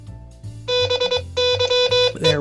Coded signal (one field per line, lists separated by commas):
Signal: Morse code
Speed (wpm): 23 wpm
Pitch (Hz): 3500 Hz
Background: speech, music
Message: BYE